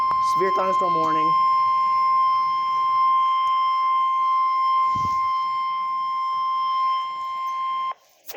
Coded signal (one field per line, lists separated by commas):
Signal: Emergency Alert System (SAME) tones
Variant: 1050 Hz attention tone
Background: speech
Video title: 10/9/21 - severe thunderstorm warning (Eas #21)